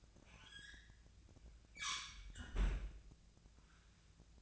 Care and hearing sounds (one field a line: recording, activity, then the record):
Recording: daily activity, microphone in the room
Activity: close fridge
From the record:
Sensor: 2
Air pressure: 1009.5 hPa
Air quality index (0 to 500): 186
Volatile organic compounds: 12 ppm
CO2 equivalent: 2326 ppm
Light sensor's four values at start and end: 24/58/25/27 and 24/58/25/27